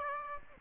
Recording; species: mosquito wingbeat signal from an infrared sensor; Aedes aegypti